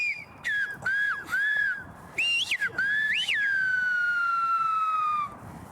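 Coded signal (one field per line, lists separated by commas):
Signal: whistled language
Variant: Silbo Gomero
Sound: loud piercing whistle gliding up and down in several phrases, ending in long falling note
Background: outdoor ambience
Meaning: Tell your friend to take off her cap and wave at me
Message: Dis à ton ami qu'elle retire sa casquette et me fasse signe de la main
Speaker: ] qu'elle retire sa casquette et me fasse signe de la main.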